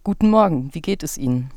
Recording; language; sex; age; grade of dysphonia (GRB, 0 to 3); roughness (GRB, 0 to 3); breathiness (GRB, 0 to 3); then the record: spoken sentence; German; female; 20 to 29 years; 0; 0; 0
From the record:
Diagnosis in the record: healthy voice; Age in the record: 25 years